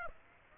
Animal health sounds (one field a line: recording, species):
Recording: mosquito wingbeat signal from an infrared sensor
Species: Aedes aegypti